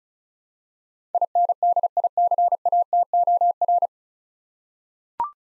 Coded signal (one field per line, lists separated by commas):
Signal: Morse code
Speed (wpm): 34 wpm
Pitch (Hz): 700 Hz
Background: none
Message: INDICATOR